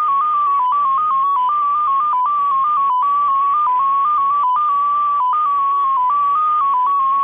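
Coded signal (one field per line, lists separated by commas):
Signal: multi-tone FSK (Olivia or MFSK type)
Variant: XPA2, 14-tone MFSK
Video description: XPA2 is a digital mode of the Russian 7 operator. It utilizes a custom 14-tone MFSK system.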